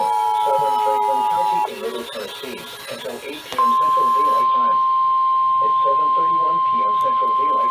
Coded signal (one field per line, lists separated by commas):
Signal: Emergency Alert System (SAME) tones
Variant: 853 and 960 Hz attention tone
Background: speech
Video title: NOAA Radio (EAS # 316-337) PDS TOA, TOA, SVR's, TOR's